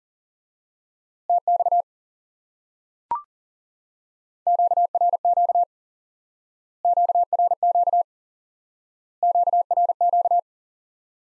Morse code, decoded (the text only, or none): TX QRQ QRQ QRQ